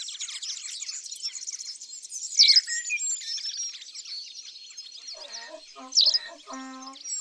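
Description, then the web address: White wagtail calls, two sharp high chirps about three and a half seconds apart, amid a busy chorus of other songbirds, with low clucking notes near the end. "Bergeronnette grise. abc de la nature"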